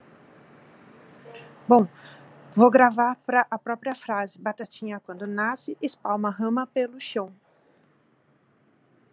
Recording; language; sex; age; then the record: short text; Brazilian Portuguese; female; 50 to 59 years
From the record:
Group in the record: control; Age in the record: 53 years